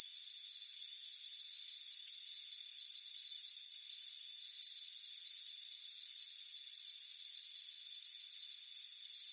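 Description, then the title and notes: Cricket: high chirps pulse steadily above an unbroken high drone of steady tones. Chirping crickets on a warm afternoon by a front porch. "Soothing Crickets Chirping Sound. It's a warm afternoon as you relax in a hammock on the front porch. Relax and fall asleep to the soothing sound of chirping crickets. Deep Sleep Sounds"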